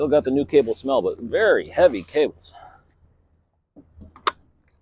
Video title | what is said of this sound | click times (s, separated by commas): Blink - Country Inn & Suites off NC I-95 | all right we are connected I heard a connector click | 4.3 s